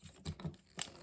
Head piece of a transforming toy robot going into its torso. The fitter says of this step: and you should hear a snap